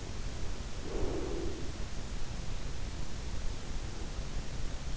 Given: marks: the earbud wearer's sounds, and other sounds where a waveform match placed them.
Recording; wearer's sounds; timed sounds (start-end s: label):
sounds in sleep by an in-ear microphone; breath
0.49-1.94 s: breath